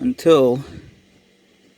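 A plastic gear shift button assembly is being slid into the shift lever handle with its notch on the bottom, to be pushed in until it clicks onto a small tab and locks. Someone talks over the handling, followed by a quiet stretch and a faint sound at the very end. Nothing has seated or clicked yet.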